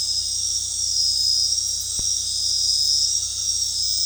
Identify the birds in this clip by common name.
none